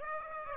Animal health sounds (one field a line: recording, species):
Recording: mosquito wingbeat signal from an infrared sensor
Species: Aedes aegypti